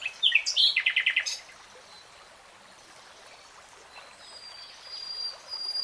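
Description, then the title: Nightingale song: a quick burst of sharp notes and a rapid rattling series, followed by quiet with faint high whistles. Nightingale singing in real time. "[Tiếng chim hót] 3 Hours REALTIME Nightingale Singing"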